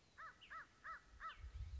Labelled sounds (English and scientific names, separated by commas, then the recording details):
American Crow (Corvus brachyrhynchos)
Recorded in Sonoma County, California